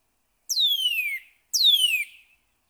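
Northern cardinal song: two loud, clear whistles, each slurring steeply downward from high to low, the second following about a second after the first.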